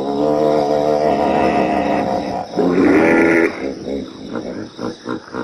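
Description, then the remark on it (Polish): Hippopotamus calling, a sound made mainly by males: a loud, deep, drawn-out croaking grunt swells into a harsh blast, then breaks into a rhythmic series of short, throaty chuckles that gradually fade. No talking. “A jakie dźwięki wydawane przez hipopotamy człowiek może usłyszeć? No słyszę taki dźwięk podobny troszeczkę do rechotu.”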